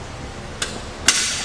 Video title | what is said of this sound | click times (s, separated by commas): How Does the RockyMounts MonoRail Solo Bike Rack for 2 Bikes Fit on a 2018 Subaru Forester? | you hear that click it | 1.1 s